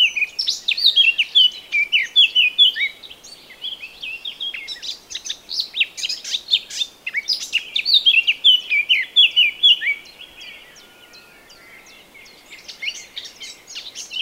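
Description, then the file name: Eurasian blackcap song: repeated bursts of hurried scratchy warbling mixed with clear whistled notes, quieting toward the end before resuming. "Sylvia atricapilla"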